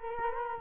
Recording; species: mosquito wingbeat signal from an infrared sensor; Culex quinquefasciatus